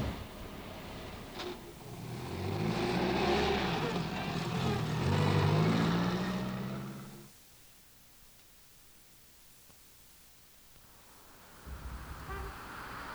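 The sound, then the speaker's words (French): A car driven on a December morning, turning left and right through streets, moves along with a broad, rushing road noise and low engine hum that swells for several seconds, then drops away to near quiet before a low rumble returns. “Elle monte en voiture avec son père.”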